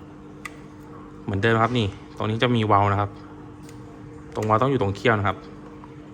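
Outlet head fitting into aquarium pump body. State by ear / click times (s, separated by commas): not seated / none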